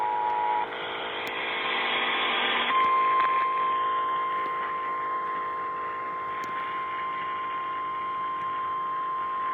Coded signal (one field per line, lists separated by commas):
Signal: Emergency Alert System (SAME) tones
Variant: 853 and 960 Hz attention tone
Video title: Tornado Warning on WLAC-AM 1510 (EAS #165)